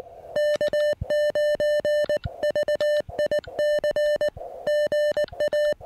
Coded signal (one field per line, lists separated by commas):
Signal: Morse code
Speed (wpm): 19 wpm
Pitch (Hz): 600 Hz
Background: music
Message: K9VIC GA